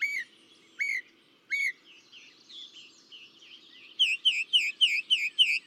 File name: Northern Mockingbird